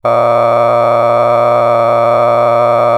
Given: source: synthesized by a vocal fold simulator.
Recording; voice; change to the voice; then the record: sustained vowel; male; a random mix of aspiration noise, stiffness perturbation and strain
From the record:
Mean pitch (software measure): 118 Hz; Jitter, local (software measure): 3.20%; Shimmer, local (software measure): 9.1%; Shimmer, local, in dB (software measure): 0.77 dB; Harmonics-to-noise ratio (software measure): 10.1 dB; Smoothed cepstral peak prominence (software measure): 15.9 dB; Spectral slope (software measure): -16.4 dB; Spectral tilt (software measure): -11.9 dB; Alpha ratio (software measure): -6.9 dB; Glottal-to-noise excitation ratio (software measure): 0.985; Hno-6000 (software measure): 2.2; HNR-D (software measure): 21.8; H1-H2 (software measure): 4.2 dB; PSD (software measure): 2.2e-04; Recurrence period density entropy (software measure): 0.108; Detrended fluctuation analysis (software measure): 0.0453